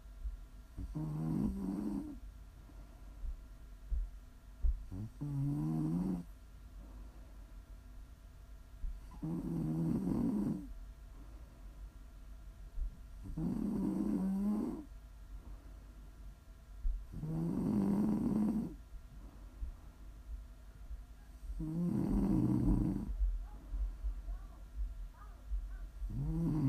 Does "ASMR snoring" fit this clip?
yes